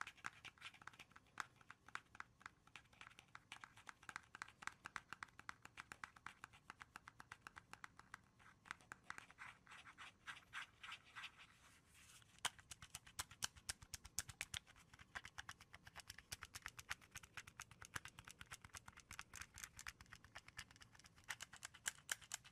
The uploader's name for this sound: ASMR tapping and scratching (no talking) wood cork cardboard